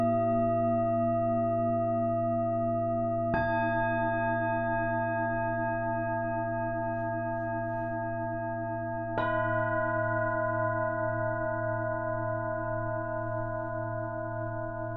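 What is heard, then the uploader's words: A sound bath of long, ringing bowl tones over a steady low hum. Fresh strikes land at about three seconds and again near nine, each adding bright shimmering overtones that slowly waver and fade while the deep drone holds throughout. Stress Relieving Sound Bath. This session utilizes various tones and frequencies.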